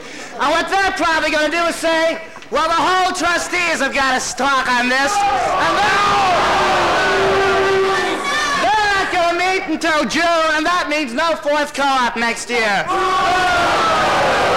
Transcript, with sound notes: and what they're probably going to do is say, well, the whole Trustees have got to talk on this" (shouts of 'No!') "and they're not going to meet until June, and that means no fourth co-op next year!"